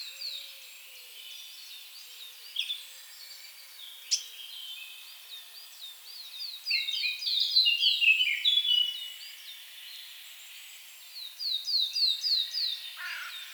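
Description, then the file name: Eurasian blackcap song: soft warbling, then two loud runs of rapidly repeated notes, one midway and one near the end. "Sylvia atricapilla"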